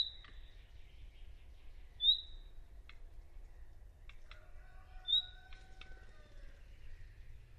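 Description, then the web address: Bird call: brief, bright, high chirps, two clear ones about three seconds apart, with soft whistled tones and a low rumble in the background. "cianscape birddata Deverinetal 2025 File origin Bird Only"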